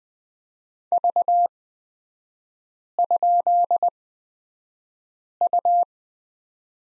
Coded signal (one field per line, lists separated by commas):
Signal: Morse code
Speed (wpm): 20 wpm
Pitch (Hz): 700 Hz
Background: none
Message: V?U